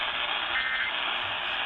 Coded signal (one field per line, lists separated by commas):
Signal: Emergency Alert System (SAME) tones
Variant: end-of-message bursts